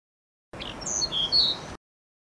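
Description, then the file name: Blue-throated blue flycatcher song: a brief phrase of high thin whistles and a few slurred notes over faint background hiss. "kicau sikatan blue throated. omkicau"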